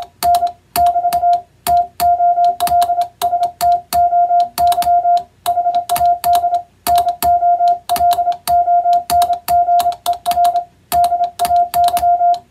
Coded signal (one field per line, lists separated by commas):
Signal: Morse code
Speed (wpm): 27 wpm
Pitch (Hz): 700 Hz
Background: music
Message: N <BT> TOLSTOY HAD NO LONGER DAY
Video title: 【ソフトウェアでないＣＷ練習を始めませんか】ＣＷの練習風景です。欧文普通語をエレキーで叩いてみました。生身のモールスで受信練習をしてみませんか(training for radio operator)